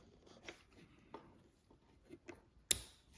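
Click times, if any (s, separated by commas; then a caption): 2.7 s. A keyed plastic taillight wiring connector for an integrated taillight with tucked mount on a 2021+ Aprilia RS 660 / Tuono 660 is pushed into its mating harness plug inside the tight tail section; it only plugs in one way. Soft rustling and handling sounds come first, then one sharp, loud click at 2.7 s as the connector latches and is seated.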